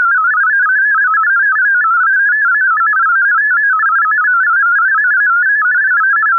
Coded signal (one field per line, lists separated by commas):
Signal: multi-tone FSK (Olivia or MFSK type)